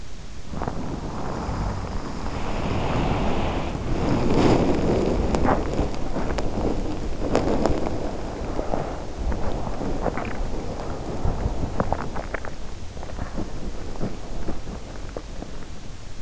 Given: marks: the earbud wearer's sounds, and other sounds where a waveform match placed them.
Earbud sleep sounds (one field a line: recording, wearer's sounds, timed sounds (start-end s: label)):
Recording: sounds in sleep by an in-ear microphone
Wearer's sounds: body movement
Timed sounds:
0.00-16.22 s: body movement